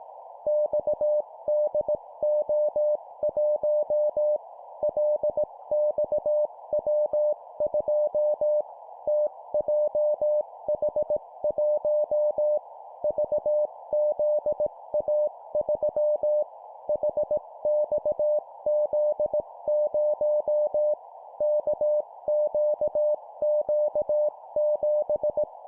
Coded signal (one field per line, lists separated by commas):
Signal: Morse code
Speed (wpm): 18 wpm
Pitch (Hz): 600 Hz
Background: none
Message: XDO1 LXW2 TJH1 VZA3 HXZ0 KQQ7